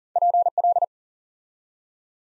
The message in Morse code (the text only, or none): PL